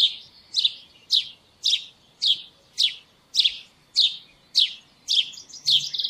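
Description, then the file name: House sparrow calls: loud, clipped chirps repeated about every half second, each sliding downward slightly, over faint low background hiss. "Passer domesticus"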